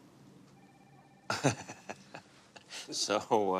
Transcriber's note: laughter